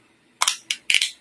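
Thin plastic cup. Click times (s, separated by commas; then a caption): 0.4 s, 0.7 s, 0.9 s. A standard half-ounce plastic food cup is pressed into a 3D-printed gecko feeding station, a tester piece with a slightly bent corner. Sharp, bright plastic snaps ring out at 0.4, 0.7 and 0.9 seconds, each with a quick follow-up tick. The cup snaps firmly into place with a satisfying click.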